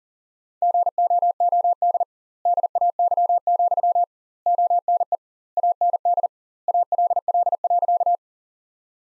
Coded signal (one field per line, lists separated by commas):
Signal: Morse code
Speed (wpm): 40 wpm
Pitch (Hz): 700 Hz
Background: none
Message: GOOD DAY, ONE AND ALL.